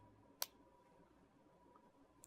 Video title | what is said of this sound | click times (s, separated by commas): SMI Tutorial ETG Unboxing | gently run your finger over the edge and make sure that it clicks into place on all sides | 0.4 s